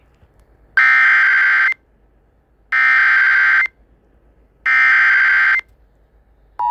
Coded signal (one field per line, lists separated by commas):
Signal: Emergency Alert System (SAME) tones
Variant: header bursts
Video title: Eas svr in Honolulu hawaii Eas#405